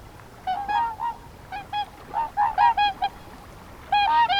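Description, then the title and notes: Whooper swans giving bugling honks in short clusters, a pause, then a longer call at the end. Five or six Whooper swans singing on the Peene river at Zemitz, Mecklenburg-Vorpommern, Germany; recorded with a TASCAM DR10-MKII. "Zemitz, Mecklenburg-Vorpommern, Deutschland - Singschwäne sind da. Whooper Swan are there. 5 or 6 Whooper swans singing on Peene river"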